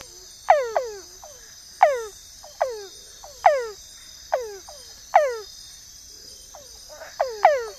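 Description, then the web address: Peters' dwarf frog calling repeatedly: many short descending notes, often in quick pairs, with softer notes between and a continuous high insect drone. Recorded in the Ecuadorian Amazon. "Natures Songs S America Frogs of Ecuadorian Amazon Physalaemus petersi"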